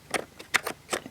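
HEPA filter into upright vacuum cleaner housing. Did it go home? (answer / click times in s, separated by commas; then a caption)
no / none. The final HEPA filter of a Bissell Powerglide Lift Off Bagless Upright Vacuum Cleaner is fitted again into the vacuum's plastic housing, making a few short, bright plastic knocks and scrapes around 0.1 to 1.0 seconds, the sharpest at 0.6 seconds. The filter does not hold in at all and has not clicked into place, which is blamed on the plastic getting warm and pliable.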